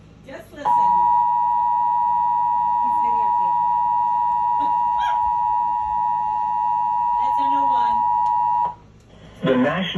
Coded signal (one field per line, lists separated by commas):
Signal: Emergency Alert System (SAME) tones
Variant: 853 and 960 Hz attention tone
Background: speech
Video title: Eas severe thunderstorm warning june 30 2021